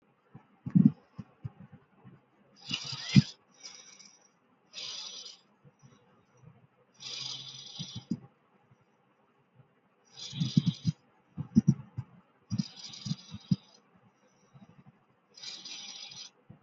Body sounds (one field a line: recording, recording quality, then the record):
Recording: deep breathing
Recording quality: excellent, no background noise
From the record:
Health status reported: healthy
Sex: male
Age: 28 years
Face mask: not worn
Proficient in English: yes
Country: India